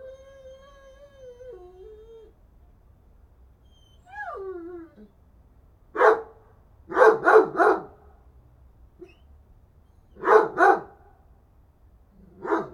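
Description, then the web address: Dog whines with rising and falling notes, then bursts of sharp barks in quick groups of three and two, with a final bark. "Effects 02-Birds, Insects Animals. Animals dogs"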